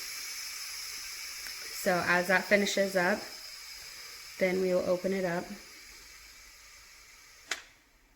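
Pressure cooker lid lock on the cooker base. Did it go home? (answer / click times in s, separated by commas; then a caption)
released / 7.5 s. After the pressure is released, the lid of a multi-cooker pressure cooker is turned on the cooker base to open it. Someone talks over a steady background hiss, then the lid lock releases with a small, sharp click at 7.5 s and the lid is unlocked.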